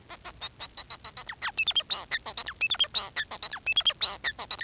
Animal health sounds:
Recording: song of a male Bengalese finch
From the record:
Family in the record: son of father 4

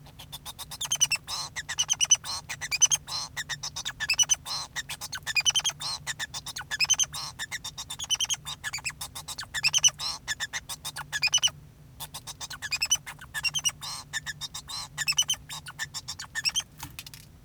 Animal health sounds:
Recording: song of a male Bengalese finch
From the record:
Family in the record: son of father 2

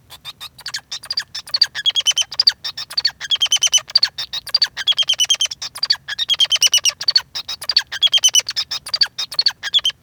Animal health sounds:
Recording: song of a male Bengalese finch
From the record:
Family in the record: son of father 2

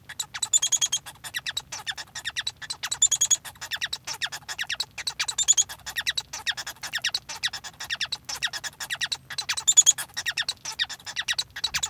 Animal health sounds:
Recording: song of a male Bengalese finch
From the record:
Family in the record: son of father 1

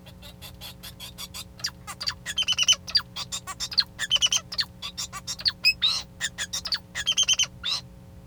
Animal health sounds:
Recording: song of a male Bengalese finch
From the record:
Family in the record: son of father 2

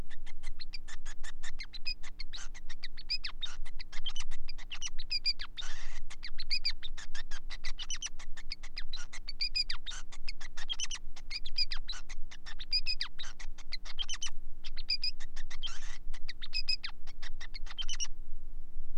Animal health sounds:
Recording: song of a male Bengalese finch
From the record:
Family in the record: son of father 5

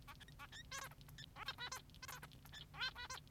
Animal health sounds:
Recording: song of a male Bengalese finch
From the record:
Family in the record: son of father 3

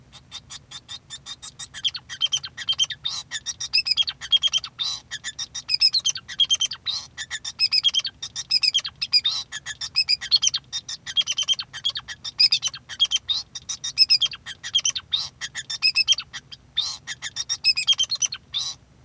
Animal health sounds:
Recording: song of a male Bengalese finch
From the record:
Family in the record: son of father 2

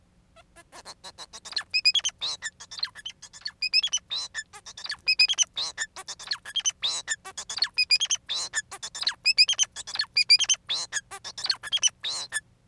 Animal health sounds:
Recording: song of a male Bengalese finch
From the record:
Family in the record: son of father 4

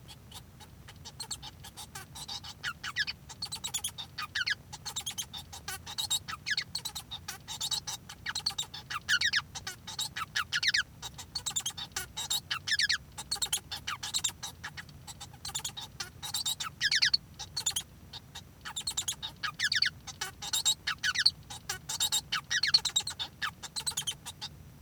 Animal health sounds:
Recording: song of a male Bengalese finch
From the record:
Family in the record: son of father 1

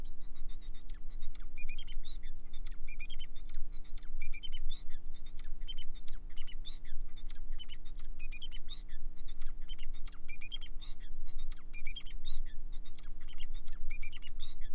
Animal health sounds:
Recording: song of a male Bengalese finch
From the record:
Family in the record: son of father 4

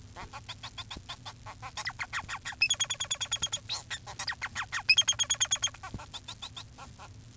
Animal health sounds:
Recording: song of a male Bengalese finch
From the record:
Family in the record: son of father 4

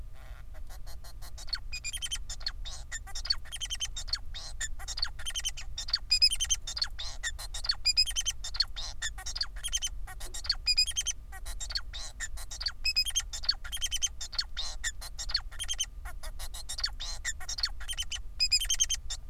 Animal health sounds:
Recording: song of a male Bengalese finch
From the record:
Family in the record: son of father 4

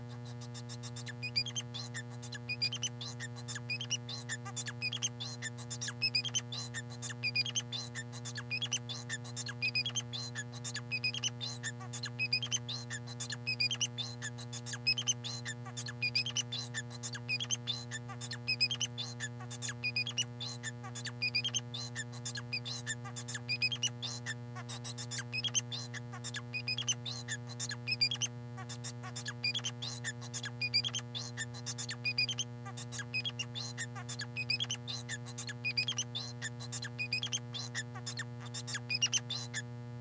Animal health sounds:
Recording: song of a male Bengalese finch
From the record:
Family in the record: son of father 4

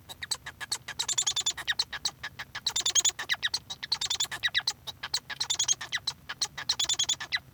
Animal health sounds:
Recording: song of a male Bengalese finch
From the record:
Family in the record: son of father 1

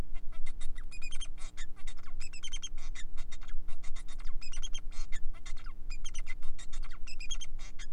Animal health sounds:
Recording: song of a male Bengalese finch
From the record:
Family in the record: son of father 4

